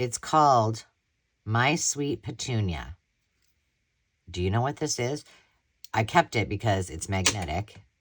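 A small magnetic T-square-like craft tool of unknown purpose, kept because it is magnetic, is handled near a metal holder while someone talks. Nothing has seated or clicked into place yet.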